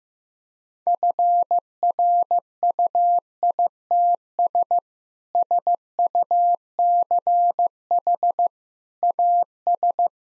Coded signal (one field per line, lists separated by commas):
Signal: Morse code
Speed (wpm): 16 wpm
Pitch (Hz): 700 Hz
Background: none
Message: FRUITS SUCH AS